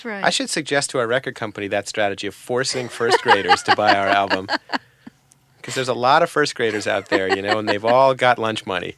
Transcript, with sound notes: I should suggest to our record company that strategy of forcing first-graders to buy our album.
(Laughter).
Because there's a lot of first-graders out there, you know, and they've all got lunch money.